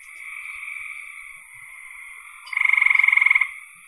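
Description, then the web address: Frog call: a soft, buzzy background chorus, then a loud, rapid rattling trill of about a second with evenly spaced pulses, fading back to the chorus. "cn frogs"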